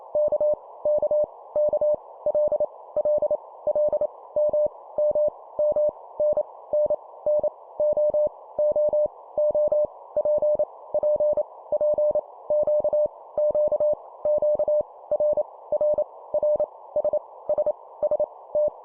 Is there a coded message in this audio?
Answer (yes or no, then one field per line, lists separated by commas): yes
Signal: Morse code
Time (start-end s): 0.2-18.7 s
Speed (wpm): 28 wpm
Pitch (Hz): 600 Hz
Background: none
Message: K K K L L L M M M N N N O O O P P P Q Q Q R R R S S S T